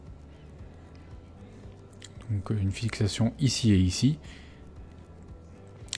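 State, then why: Seated. The side panel of a Hotcig RSQ box vape mod, held by two magnets and a fixing point, is put back onto the body while someone talks. A sharp double snap is heard at the end, with the panel clicking into place at 5.9 s and holding firmly with no play.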